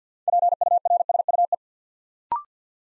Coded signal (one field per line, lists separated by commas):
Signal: Morse code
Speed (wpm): 50 wpm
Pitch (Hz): 700 Hz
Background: none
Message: PURSUE